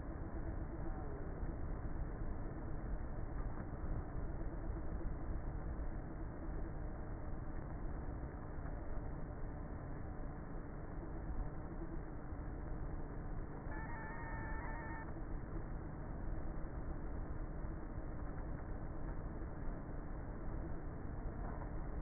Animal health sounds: honeybee colony, microphone inside the hive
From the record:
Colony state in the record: queenless with a low population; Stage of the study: before two queens were removed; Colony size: about 30,000 bees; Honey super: no

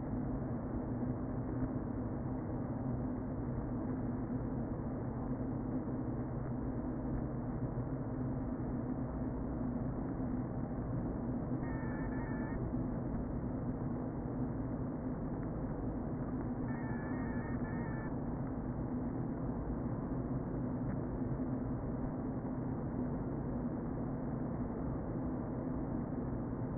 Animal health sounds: honeybee colony, microphone inside the hive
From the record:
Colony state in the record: queen present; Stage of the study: before two queens were removed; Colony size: about 60,000 bees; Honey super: yes

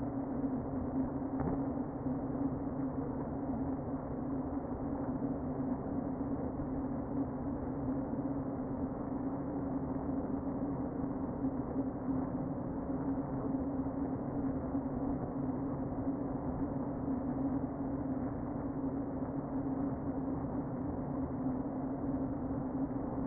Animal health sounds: honeybee colony, microphone inside the hive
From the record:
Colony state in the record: queen present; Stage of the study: before two queens were removed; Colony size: about 60,000 bees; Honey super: yes

